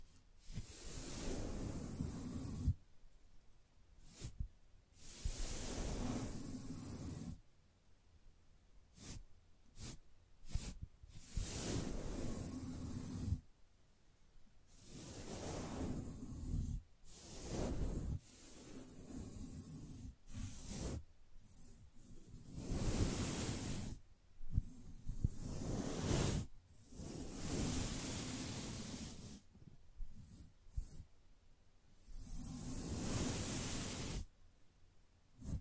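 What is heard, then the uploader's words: Soft brushing strokes sweep in bursts of hiss, each lasting a second or two, with short quiet gaps between them. The strokes come in an uneven rhythm, some long and smooth, others quick and clustered, carrying a bright airy texture over a low soft rumble. No voice is heard. ASMR Gently Brushing Your Brain (No Talking).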